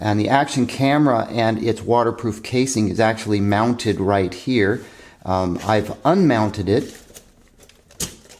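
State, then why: Seated. A Wongkuo Elite 3 4K sport action camera's waterproof housing is slid onto its plastic mounting plate while someone talks for most of the clip. Near the end, a few faint ticks follow, then the plastic clip locks in place with a sharp click at 8.0 s.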